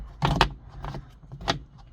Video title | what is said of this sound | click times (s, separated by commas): How To Install Front And Rear Dash Cams. 2024-2026 Hyundai Kona. Full Installation. | line up the top first. And you'll feel it click. And then there you go. You see? | 0.4 s, 1.5 s